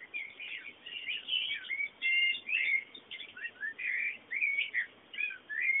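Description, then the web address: Birds chirping in a busy chorus, quick high twitters and short clear whistled notes following one another with little pause. Background bird sounds. "bullas Bullasdata sounds fondo pajaros"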